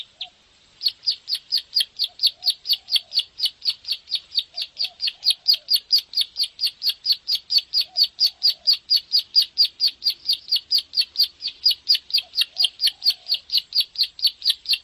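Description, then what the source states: Bar-winged prinia singing a rapid, regular train of sharp high notes after a brief opening pause, with soft lower chirps now and then. Used to train other songbirds.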